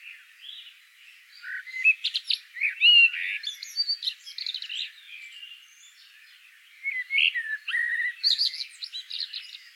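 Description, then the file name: Common blackbird singing slurred, mellow notes mixed with sharp high squeaks and twitters, a pause in the middle, then a renewed burst. "Turdus merula"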